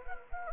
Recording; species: mosquito wingbeat signal from an infrared sensor; Anopheles gambiae